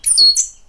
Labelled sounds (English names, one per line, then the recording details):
Stitchbird song
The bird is a male
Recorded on Tiritiri Matangi Island, New Zealand, in 2005
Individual 12, of nest box 16